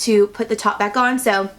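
Someone talks while a plastic cap is being pressed back onto a foundation pump bottle, a top that doesn't click and has to be pressed down hard. Only speech is heard in the clip, with no sudden impact sounds. Nothing has seated or clicked yet; the cap is still being handled and is not yet home.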